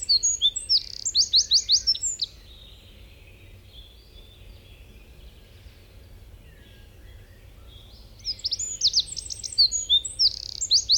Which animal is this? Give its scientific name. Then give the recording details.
Troglodytes troglodytes. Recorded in the wild. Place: Venz, Insel Rügen, Mecklenburg-Vorpommern, DE. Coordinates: 54.497, 13.302. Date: 1974-04-07. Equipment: Nagra III BH, Sennheiser MD 21, parabola. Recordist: Schubert, Michael. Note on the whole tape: Gesang Zaunkönig